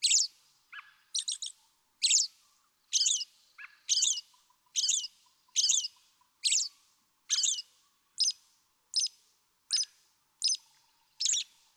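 American robin delivering quick, varied chirpy phrases nearly every second, some doubled or with lower notes mixed in.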